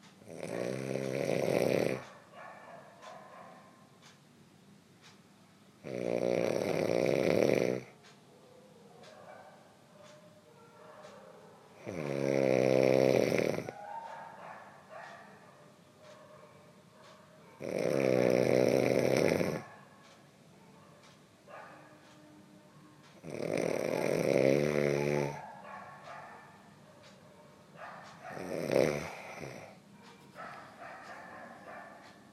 Snoring during a sleep.